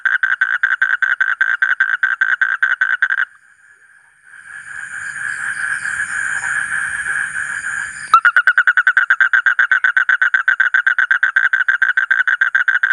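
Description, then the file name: Asian common toad with a rapid, buzzing pulse train that pauses amid a stretch of hissy noise and then starts again abruptly at the same pace. "suara kodok bangkong kolong kodok buduk"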